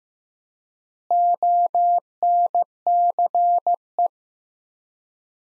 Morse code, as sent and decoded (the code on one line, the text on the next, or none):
--- -. -.-. .
ONCE